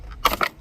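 A plastic retaining clip on a cover in the engine bay near the battery of a 2021 Toyota C-HR is pulled to the left and snaps off the cover. It releases with a crunching, crackling sound, with sharp pops at 0.3 s and 0.4 s and a faint tick near the end.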